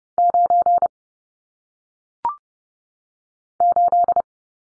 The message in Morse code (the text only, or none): 9 8